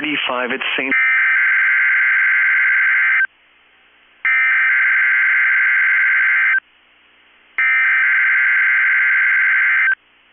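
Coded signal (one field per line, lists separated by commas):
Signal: Emergency Alert System (SAME) tones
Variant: header bursts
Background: speech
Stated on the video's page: Evening tornado drill for Minnesota/Wisconsin received on weather radio station KEC65.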